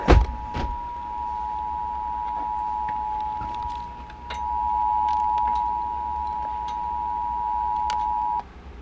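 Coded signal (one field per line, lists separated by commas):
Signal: Emergency Alert System (SAME) tones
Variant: 853 and 960 Hz attention tone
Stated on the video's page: Required Monthly Test heard on broadcast radio and on an online stream.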